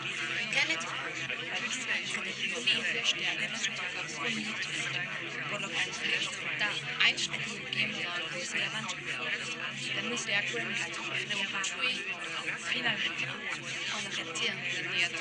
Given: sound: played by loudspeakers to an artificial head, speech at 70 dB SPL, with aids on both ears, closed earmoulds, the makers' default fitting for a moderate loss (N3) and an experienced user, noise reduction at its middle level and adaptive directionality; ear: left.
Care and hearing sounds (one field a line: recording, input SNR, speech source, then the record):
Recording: speech test signal (ISTS) in cocktail-party noise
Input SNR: -6 dB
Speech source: in front (0 degrees)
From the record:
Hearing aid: class 2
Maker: G